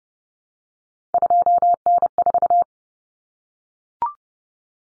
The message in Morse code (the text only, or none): 2N4